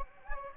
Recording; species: mosquito wingbeat signal from an infrared sensor; Anopheles gambiae